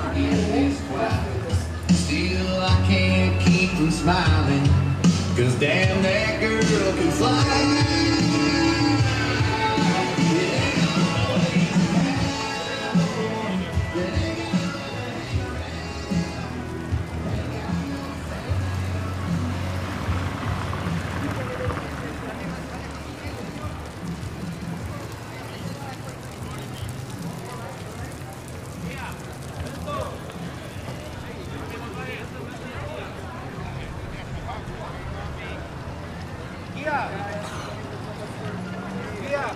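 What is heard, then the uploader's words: Walking down 5th Avenue in Playa del Carmen, voices and music fill the first fifteen seconds with loud, overlapping talk and tuneful sound. After that the crowd chatter continues more softly and evenly, with occasional footsteps and street noise underneath. In this episode we are taking a stroll down the busy 5th avenue in Playa Del Carmen, Mexico. Music, Road Noise, Car Sounds, Footsteps, Spanish Speaking. Walking Down 5th Avenue In Playa Del Carmen.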